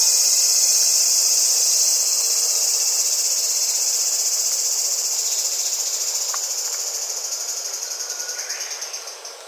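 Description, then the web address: Large brown cicada song, a loud continuous sizzling drone with a fast pulsing rhythm that slowly fades toward the end. Recorded 18 July 2014. "birdenaga aburazemi"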